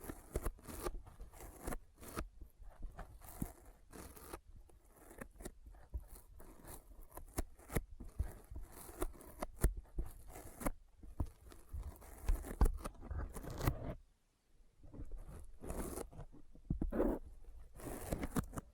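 Sticky finger sounds: fast, irregular bursts of tacky clicking and peeling, with short crackly pulls and small ripping snaps packed densely throughout. A brief quiet gap falls near fourteen seconds before the sticky popping resumes, with a low rumble underneath.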